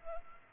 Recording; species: mosquito wingbeat signal from an infrared sensor; Culex pipiens